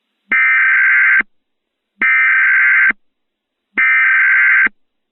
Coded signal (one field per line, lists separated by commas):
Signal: Emergency Alert System (SAME) tones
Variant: header bursts